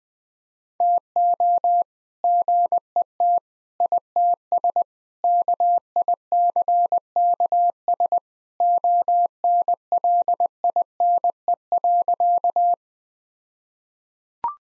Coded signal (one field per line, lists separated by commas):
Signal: Morse code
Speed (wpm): 20 wpm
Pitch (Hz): 700 Hz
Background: none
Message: TO GET ITS KICKS ONLINE.